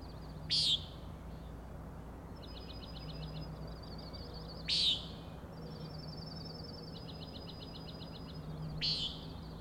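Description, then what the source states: Common nighthawk repeating a buzzy peent roughly every four seconds, three calls in all, while rhythmic high trills fill the gaps. Three birds flying in close formation, following each other, near a 410 ft overlook on Schoodic Head, Acadia National Park, Winter Harbor, Maine; 4am, 06/16/17; peenting, wing booms and rattling noise.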